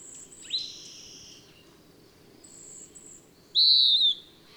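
Bird song: a soft whistled phrase at the start, then a quiet pause and a loud, clear falling whistle near the end, with a faint high tone behind.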